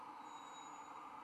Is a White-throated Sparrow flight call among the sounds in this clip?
no